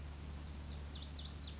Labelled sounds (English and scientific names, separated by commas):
California Towhee (Melozone crissalis)